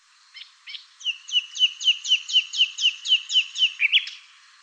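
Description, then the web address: Bird song: two soft introductory notes, then a steady run of many rhythmic chirped notes at a quick pace, ending in a brief jumbled twitter. "cianscape birddata Deverinetal 2025"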